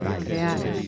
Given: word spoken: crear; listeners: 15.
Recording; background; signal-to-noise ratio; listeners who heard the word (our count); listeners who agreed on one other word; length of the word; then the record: one Spanish word in noise, from a listening test; eight-talker babble; 0.8 dB; 2 of 15; 9 of 15; 0.48 s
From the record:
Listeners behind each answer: 9, 2, 1, 1, 1, 1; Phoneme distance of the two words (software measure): 27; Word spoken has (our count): 2 syllables, 5 phonemes, stress on syllable 2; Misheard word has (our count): 2 syllables, 4 phonemes, stress on syllable 2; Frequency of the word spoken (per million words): 87.10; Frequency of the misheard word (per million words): 230.87